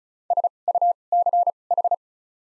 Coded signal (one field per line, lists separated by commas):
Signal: Morse code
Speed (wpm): 34 wpm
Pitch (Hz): 700 Hz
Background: none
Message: S U C H